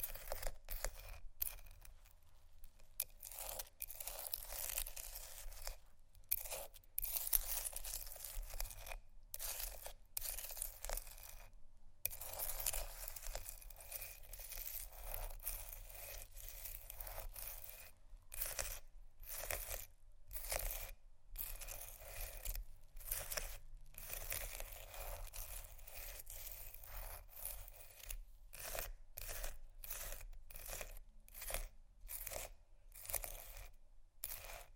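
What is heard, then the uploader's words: Ice is scratched in a steady run of rough, hissing strokes that fill nearly the whole clip. Short silent breaks cut in often and irregularly, more of them near the start and end, while a faint low rumble sits underneath. Ice Scratch & Tap. No Talking.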